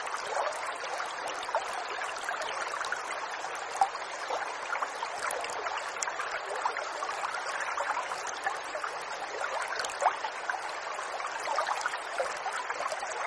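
Water runs steadily throughout, a dense, even rush with constant splashing and gurgling detail. The sound sits in the middle and upper range with little low rumble, unchanging, with brief brighter splashes near four and ten seconds.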